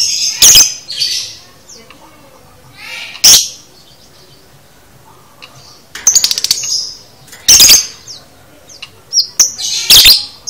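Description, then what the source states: Lovebird chirps: loud, piercing and well spaced, with a rapid rattling burst of clicks partway through and brief squeaky twitters. Used to train a lovebird to chatter in the "konslet" style.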